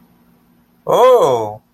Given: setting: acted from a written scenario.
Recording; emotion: vocal sound without words; elation